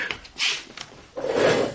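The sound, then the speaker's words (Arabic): A chair being brought for a murdered woman's father: a short hiss-like scrape, then a longer grinding drag of the chair across the floor ending in a sharp knock as it is set down. No one speaks. “أيوه يا ابني، هاتوا له كرسي.”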